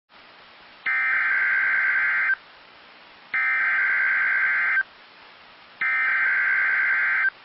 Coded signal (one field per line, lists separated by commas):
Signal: Emergency Alert System (SAME) tones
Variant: header bursts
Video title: EAS 1384 & 1385 (Double Header)